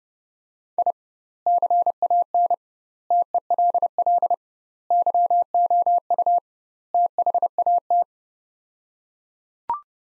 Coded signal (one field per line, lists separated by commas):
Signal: Morse code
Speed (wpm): 30 wpm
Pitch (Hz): 700 Hz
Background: none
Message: I CAN TELL YOU THAT